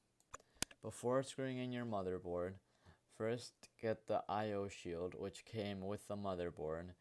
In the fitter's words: by slowly placing it evenly into the middle and pushing hard until both hinges click in place